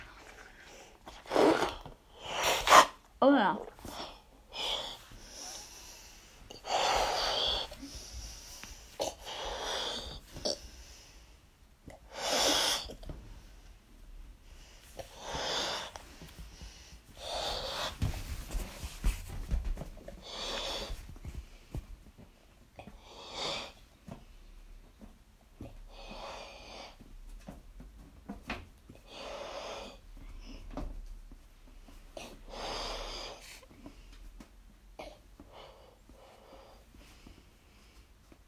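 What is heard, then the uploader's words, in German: Someone blows up a balloon, pushing long breaths into it one after another at a fairly even pace, each a bright airy rush lasting a second or two. Short pauses and sharp little intakes of breath fall between the blows, with a few louder bursts near the start. Ich puste ein Ballon auf.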